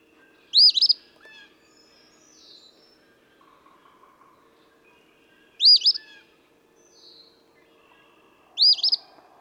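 Eastern phoebe uttering three burry, stuttering phrases spaced three to five seconds apart, with faint twittering behind.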